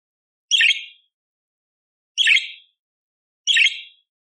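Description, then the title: Budgerigar calls: three rough, scratchy chirps, each about half a second long, separated by pauses. Indonesian masteran tutor recording of a lively (gacor), clear-voiced budgerigar, full of rough 'tembakan' bursts, made for training oriental magpie-robins (kacer) to sing. "Masteran Burung Parkit Gacor Jernih Durasi Panjang 1 Jam Full Isian Tembakan Kasar Cocok Buat Kacer"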